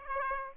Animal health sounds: mosquito wingbeat signal from an infrared sensor; Aedes aegypti

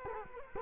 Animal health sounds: mosquito wingbeat signal from an infrared sensor; Culex quinquefasciatus

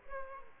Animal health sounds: mosquito wingbeat signal from an infrared sensor; Aedes aegypti

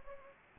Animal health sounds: mosquito wingbeat signal from an infrared sensor; Anopheles gambiae

